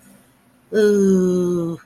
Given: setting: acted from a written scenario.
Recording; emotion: vocal sound without words; desire